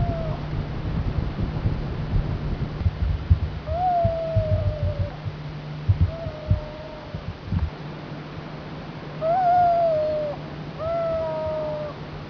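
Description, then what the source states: Zino's petrel calls: several wailing notes, each slurring slightly downward, spaced irregularly, over a low hum and soft knocks. Madeira.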